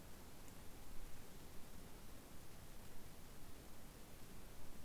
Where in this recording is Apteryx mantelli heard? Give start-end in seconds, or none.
none